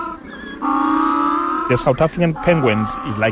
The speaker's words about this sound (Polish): Afrykańskie pingwiny brzmią jak osły,